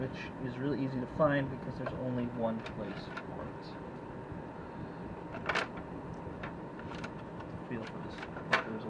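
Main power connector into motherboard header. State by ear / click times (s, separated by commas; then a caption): seated / 8.5 s. Someone talks while the large main power connector is pushed onto the motherboard header, with a few faint knocks along the way. At 8.5 s a sharp click sounds as its plastic latch catches over the lip, and the connector is seated.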